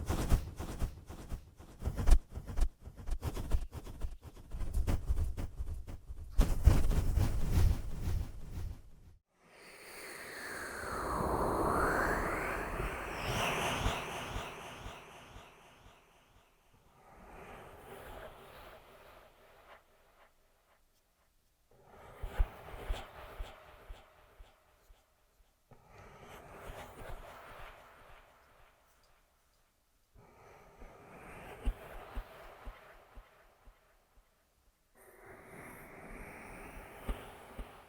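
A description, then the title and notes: Echoing ear massage sounds, opening with about nine seconds of dense, rapid tapping and scratching with dull low thumps. Swirling, sweeping rubs follow, then come in short bursts of a few seconds separated by brief silences, each trailing a hollow echo. ASMR Echoed Triggers. Ear Massage.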